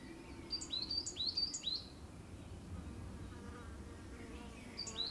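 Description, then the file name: Common chaffinch notes: a short series of sharp, high, downslurred chirps, a pause, then more at the end. Soft steady background noise. "Fringilla coelebs"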